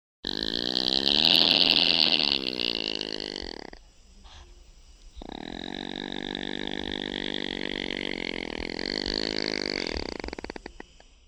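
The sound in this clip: Opossum growling: a harsh, buzzy, drawn-out rasp lasting several seconds. It breaks off briefly, then resumes as a long, steady grating sound that ends in rapid clicks.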